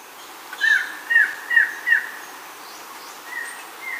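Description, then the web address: Uniform antshrike giving four evenly spaced, down-slurred nasal notes, then a couple of softer notes. Recorded in Ecuador. "Natures Songs S America Birds of Ecuador Uniform Antshrike"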